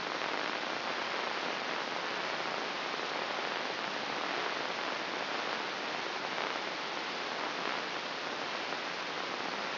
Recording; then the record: brain microelectrode recording played as sound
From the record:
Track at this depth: inside the subthalamic nucleus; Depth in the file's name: 2.931 mm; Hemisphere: left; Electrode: 3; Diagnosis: Parkinson's disease